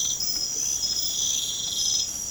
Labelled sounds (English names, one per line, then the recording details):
none
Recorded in pastures near Puerto Asís, Putumayo, Colombia, on 30 June 2025 at 00:30
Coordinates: 0.472, -76.331
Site G095